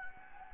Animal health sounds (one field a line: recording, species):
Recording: mosquito wingbeat signal from an infrared sensor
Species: Anopheles gambiae